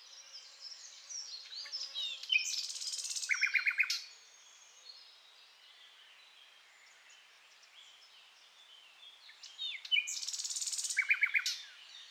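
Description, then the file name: Common nightingale delivering two strophes about eight seconds apart, each building from chirps into a dense harsh burst and a fast series of repeated notes, over faint background hiss. "Luscinia megarhynchos"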